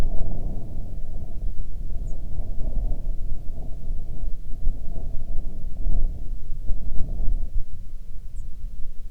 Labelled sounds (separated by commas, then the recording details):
wind
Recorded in the Arctic National Wildlife Refuge, Alaska, on 27 July 2019 at 17:26
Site 40